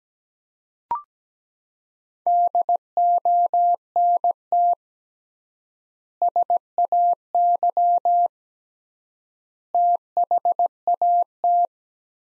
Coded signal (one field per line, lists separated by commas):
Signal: Morse code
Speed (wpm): 17 wpm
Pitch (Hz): 700 Hz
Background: none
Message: DONT SAY THAT